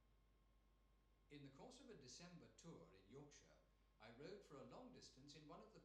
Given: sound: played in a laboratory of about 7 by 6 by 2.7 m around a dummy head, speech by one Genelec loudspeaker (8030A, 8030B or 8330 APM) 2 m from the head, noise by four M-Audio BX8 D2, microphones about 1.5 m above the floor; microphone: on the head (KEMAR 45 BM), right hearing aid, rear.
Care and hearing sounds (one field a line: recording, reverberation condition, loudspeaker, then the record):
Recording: male speech in English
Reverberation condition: medium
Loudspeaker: 30 degrees to the right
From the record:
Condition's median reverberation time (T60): about 510 ms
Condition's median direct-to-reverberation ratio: about -0.5 dB